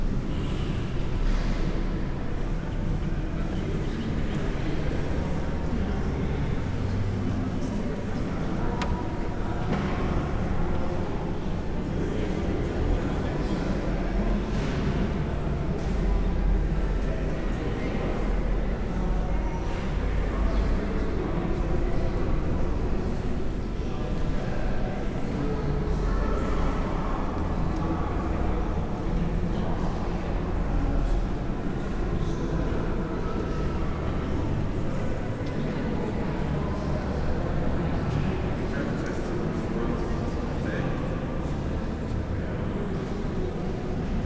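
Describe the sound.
Inside Bath Abbey, a steady murmur of hushed voices fills the space without pause for the whole stretch, with a low rumble underneath. Soft footsteps and small knocks surface now and then, and the level stays even throughout.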